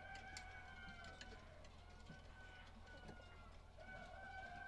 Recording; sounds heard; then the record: poultry house recording; healthy chickens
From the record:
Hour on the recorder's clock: 18